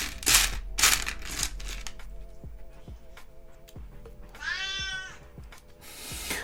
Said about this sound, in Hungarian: Igen, most elmész? Annyira nem akarta a simogatásomat, hogy most nyávogva távozik a cica.